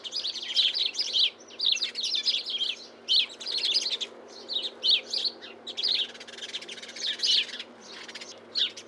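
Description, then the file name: House sparrow chirping, a busy stream of short bright chirps in rapid overlapping bursts, almost continuous throughout with brief gaps. "Passer domesticus"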